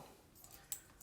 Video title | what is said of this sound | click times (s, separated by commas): Getting started, what to buy & how to shave | your blade it kept down and just here that just snaps into place this | 0.7 s